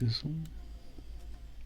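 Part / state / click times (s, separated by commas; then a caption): display flex cable connector into phone logic board socket / not seated / none. A display flex cable connector on an iPhone 12 is handled over its socket on the phone's logic board while someone briefly talks. Only low background hum and faint handling noise follow. Nothing has seated or clicked yet.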